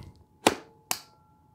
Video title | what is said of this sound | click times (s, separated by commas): Litemat Spectrum - Quick Setup - MagRents.com | and there it's clicked and locked into place now this is where my baby receiver sits | 0.5 s, 0.9 s